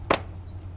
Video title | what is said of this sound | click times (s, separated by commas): Ford Raptor Air Oil Seperator Install | just going to snap right in there and you | 0.1 s